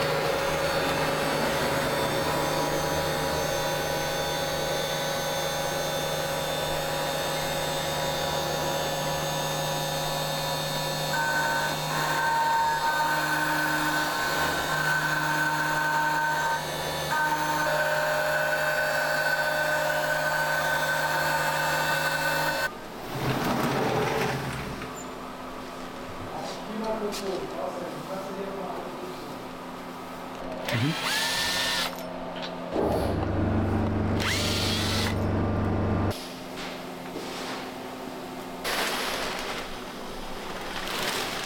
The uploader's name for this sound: CNC_Milling Block Facing